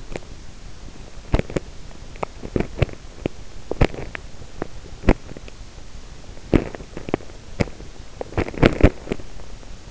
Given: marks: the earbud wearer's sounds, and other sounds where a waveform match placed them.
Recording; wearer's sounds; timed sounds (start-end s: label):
sounds in sleep by an in-ear microphone; teeth grinding
0.00-0.42 s: teeth grinding
1.08-5.32 s: teeth grinding
6.35-9.47 s: teeth grinding